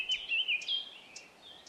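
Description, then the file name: Eurasian blackcap giving a short burst of clear, fluty whistled notes, with a few faint high ticks behind. "Sylvia atricapilla"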